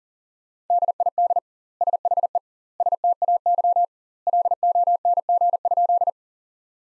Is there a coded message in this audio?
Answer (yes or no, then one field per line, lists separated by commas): yes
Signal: Morse code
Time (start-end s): 0.7-6.1 s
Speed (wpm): 40 wpm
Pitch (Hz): 700 Hz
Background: none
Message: DID SHE STAY LONG?